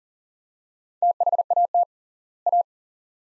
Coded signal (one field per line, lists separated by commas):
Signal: Morse code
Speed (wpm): 40 wpm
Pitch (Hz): 700 Hz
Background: none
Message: THAT A